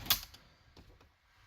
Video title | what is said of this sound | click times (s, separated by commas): How to remove infinity radio cd player on Chrysler Crossfire 2004-2008 | until you hear it click. | 0.1 s